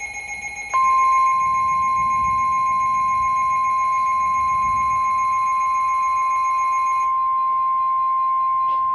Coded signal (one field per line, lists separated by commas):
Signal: Emergency Alert System (SAME) tones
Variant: 1050 Hz attention tone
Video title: Tornado Warning & Severe Thunderstorm Warning (EAS #531 & 532) Double Header